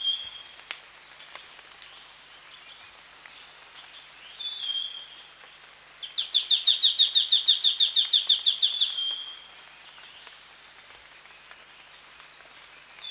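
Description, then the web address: Scaly-crowned babbler producing a quick, regular burst of piercing high notes lasting about three seconds, with a faint whistle before it and a continuous insect whine. Recorded at Danum on 1 January 2008. "DANUM 20080101. scaly-crowned babbler"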